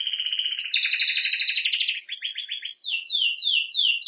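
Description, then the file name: Canary song: a sustained rolling trill with fast pulses, ending in a series of downward-sweeping whistled notes. "Canary Voice"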